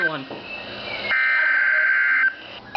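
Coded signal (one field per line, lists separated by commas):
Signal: Emergency Alert System (SAME) tones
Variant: header bursts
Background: speech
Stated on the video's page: EAS tones for tornado warnings on a high-risk severe weather day.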